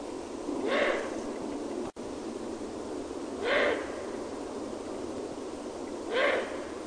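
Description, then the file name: Eurasian eagle-owl giving short raspy, hissing calls with a brief tonal edge, three calls spaced roughly every two and a half seconds over steady background hiss. "Gufo reale"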